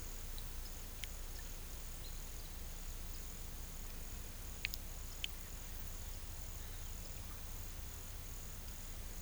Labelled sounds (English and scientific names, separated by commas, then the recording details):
none
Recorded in pastures near Puerto Asís, Putumayo, Colombia, on 18 December 2024 at 11:30
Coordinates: 0.486, -76.323
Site GP01